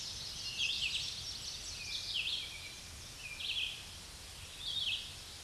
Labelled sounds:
Red-eyed Vireo song
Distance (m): 35 m
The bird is about 25 m above the microphone
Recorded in a Pennsylvania forest on 16 May 2024 at 06:38
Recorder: AudioMoth, point MSD-2095
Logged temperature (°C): 16.3 °C
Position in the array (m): 165 m, 72 m

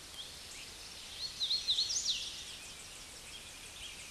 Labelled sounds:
Hooded Warbler song
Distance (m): 35 m
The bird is about 10 m above the microphone
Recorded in a Pennsylvania forest on 16 May 2024 at 09:29
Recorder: AudioMoth, point MSD-1482
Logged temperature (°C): 15.6 °C
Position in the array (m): 146 m, 145 m

